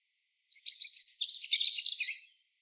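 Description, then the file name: European robin song phrase, a single high, tinkling rush of rapid notes that slides gradually lower over under two seconds, against a silent background. "Erithacus rubecula"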